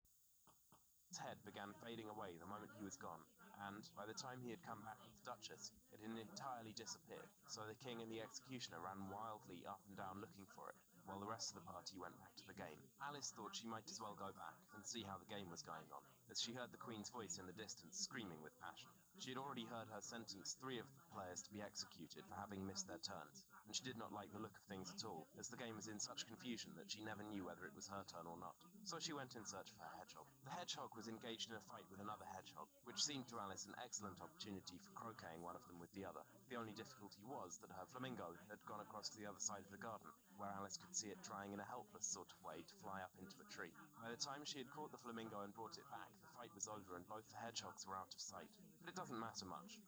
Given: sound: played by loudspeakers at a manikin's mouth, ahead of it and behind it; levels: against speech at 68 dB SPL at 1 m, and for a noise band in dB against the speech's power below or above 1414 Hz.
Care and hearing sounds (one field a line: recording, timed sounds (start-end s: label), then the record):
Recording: test signals for a remote microphone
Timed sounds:
0.50 s: click
0.75 s: click
1.12-49.88 s: man speaking, babble ahead at +6 dB SNR for speech at 1 m
From the record:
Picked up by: remote receiver E, fed by microphone B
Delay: 43 ms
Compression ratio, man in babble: 2.17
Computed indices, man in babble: HASPI 1.000, HASQI 0.272 (non-linear 0.310, linear 0.875), ESTOI 0.631